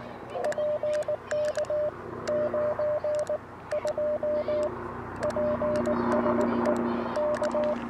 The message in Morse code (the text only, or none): PK 9 2 PSE K